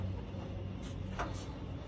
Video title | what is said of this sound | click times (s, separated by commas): EF Hatch/CRX roof trim/rain gutter trim removal and installation. | park didn't really clip in that well but | 1.2 s